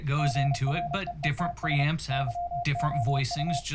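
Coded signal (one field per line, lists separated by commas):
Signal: Morse code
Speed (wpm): 30 wpm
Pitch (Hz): 700 Hz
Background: speech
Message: GREETS YOU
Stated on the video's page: Morse audio on a 33.7 kHz AM signal received over an IP stream, demodulated by a homebrew Rohde's AM detector receiver, played through a class D amplifier.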